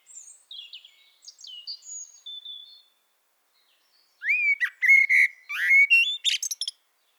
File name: Turdus merula